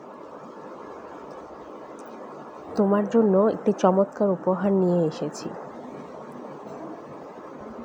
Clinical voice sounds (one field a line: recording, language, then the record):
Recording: elicited speech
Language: Bengali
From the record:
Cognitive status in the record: cognitively healthy